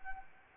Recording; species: mosquito wingbeat signal from an infrared sensor; Anopheles arabiensis